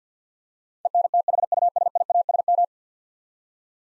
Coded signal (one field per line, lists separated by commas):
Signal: Morse code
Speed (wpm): 50 wpm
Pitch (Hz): 700 Hz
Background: none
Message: ENTHUSIASM